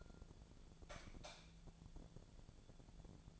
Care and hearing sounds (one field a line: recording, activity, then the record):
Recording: daily activity, microphone in the room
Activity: light off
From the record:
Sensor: 5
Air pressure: 1000.1 hPa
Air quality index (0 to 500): 99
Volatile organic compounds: 1 ppm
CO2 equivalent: 806 ppm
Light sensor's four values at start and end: 251/599/256/285 and 250/595/255/283